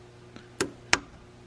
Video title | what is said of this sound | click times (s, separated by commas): Wehrli L5P Transmission Bypass Valve Install! (2017-2019) | perfect snapped right in there | 0.9 s